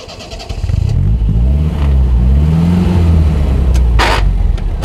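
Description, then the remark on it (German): A car engine starts up and revs, its low rumble rising and falling in pitch as the car pulls away toward the Bois de Boulogne in Paris, with a brief hiss of tires near the end. No one speaks. “steigt in seinen Wagen, fährt Richtung Bois de Boulogne.”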